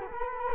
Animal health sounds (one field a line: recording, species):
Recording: mosquito wingbeat signal from an infrared sensor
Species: Culex quinquefasciatus